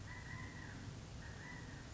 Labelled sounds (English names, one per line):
California Quail